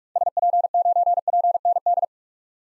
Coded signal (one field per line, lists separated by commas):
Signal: Morse code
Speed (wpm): 46 wpm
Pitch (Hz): 700 Hz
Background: none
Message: SP9PND